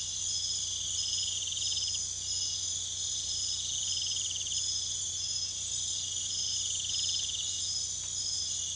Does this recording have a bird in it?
no